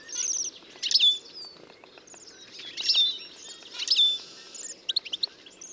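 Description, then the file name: European goldfinch twittering: rolling phrases of nasal, slurred notes and short trills coming in waves, with a few sharp, high notes near the end. "Carduelis carduelis"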